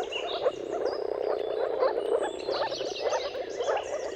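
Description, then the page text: Moor frog mating chorus, an even, soft, low bubbling from many animals, with faint bird whistles in the background. Moor frog mating chorus at sunrise, at the turn of March and April, with timing depending on the weather. "earth-fm Jakub-Orzecki moor frogs. Dawn’s Chorus: Mating Calls of Marsh Frogs at Sunrise. Depending on the weather at the turn of March and April, you can witness an amazing spectacle of moor frogs"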